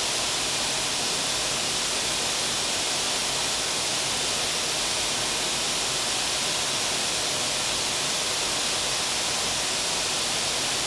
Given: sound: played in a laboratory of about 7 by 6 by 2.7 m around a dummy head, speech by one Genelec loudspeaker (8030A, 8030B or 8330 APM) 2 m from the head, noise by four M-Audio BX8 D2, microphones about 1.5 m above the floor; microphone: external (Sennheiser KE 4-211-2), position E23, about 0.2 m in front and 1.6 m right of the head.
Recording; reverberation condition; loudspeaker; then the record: white noise; high; four, about 170 cm from the corners of the room and facing them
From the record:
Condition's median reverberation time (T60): about 1300 ms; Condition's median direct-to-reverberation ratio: about -4.0 dB